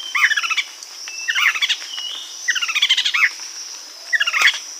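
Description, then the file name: Bird produces stuttering runs of rapid chirps in four bursts, against a steady high whine. "SABIOD 50 bird 2015"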